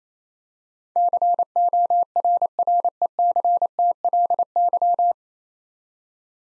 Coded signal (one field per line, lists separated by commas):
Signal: Morse code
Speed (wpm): 28 wpm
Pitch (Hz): 700 Hz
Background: none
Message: CORRECTLY